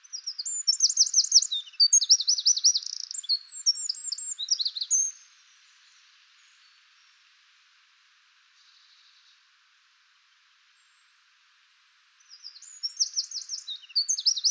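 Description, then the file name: Eurasian wren: an energetic five-second song of high rippling trills and chips, a quiet pause, then another song starting at the end. "Troglodytes troglodytes"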